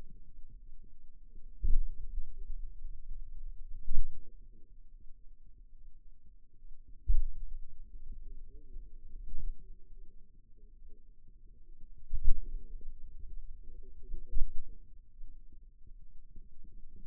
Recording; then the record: forearm muscle sounds (acoustic myography)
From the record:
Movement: pen grasping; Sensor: system 2, bracelet of six BSWA MPA416 microphones around the upper forearm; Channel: 1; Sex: male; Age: 22 years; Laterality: right